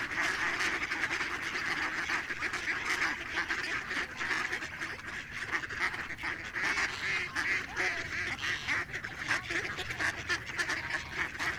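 Ducks in a noisy group, raucous overlapping quacks swelling and dipping in a continuous flock clamour.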